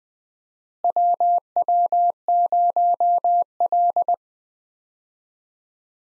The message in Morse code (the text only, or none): WW0L